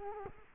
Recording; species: mosquito wingbeat signal from an infrared sensor; Culex quinquefasciatus